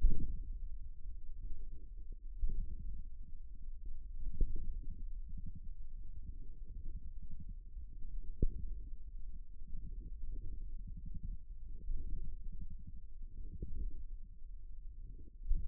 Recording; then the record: forearm muscle sounds (acoustic myography)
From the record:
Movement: radial deviation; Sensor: system 1, eight BSWA MPA416 microphones around the upper forearm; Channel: 8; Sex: male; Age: 54 years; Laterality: right